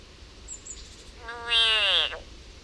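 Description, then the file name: Frog distress call: a single harsh, wailing scream lasting under a second and falling in pitch, preceded by faint high squeaks against a quiet, noisy background. Frog in agony. "agony of a frog"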